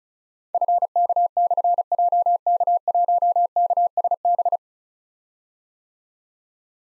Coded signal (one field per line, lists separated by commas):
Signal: Morse code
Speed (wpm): 36 wpm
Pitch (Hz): 700 Hz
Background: none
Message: FK/JK1KSB